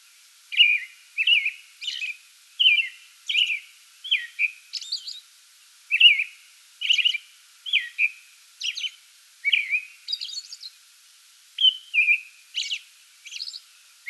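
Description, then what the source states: American robin delivering a long, rhythmic string of whistled carols and high squeaky notes, steady and unbroken, with only short gaps between phrases. Song bout recorded 8 May 2022.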